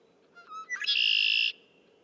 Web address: songs Red-winged Blackbird